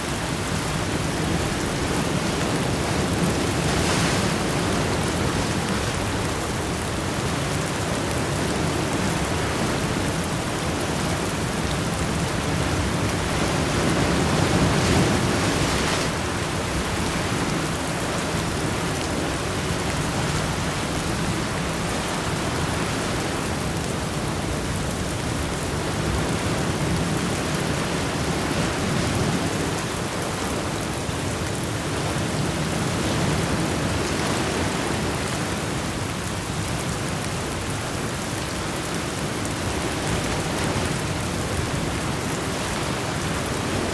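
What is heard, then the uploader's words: Rain falls steadily over ocean waves, a dense, even hiss filling the whole range from low rumble to bright spatter. The level barely changes across the recording, with only soft swells around the fourth and fifteenth seconds as waves rise beneath the downpour. Sound Of Rain On Ocean Waves (No Thunder).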